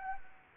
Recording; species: mosquito wingbeat signal from an infrared sensor; Anopheles gambiae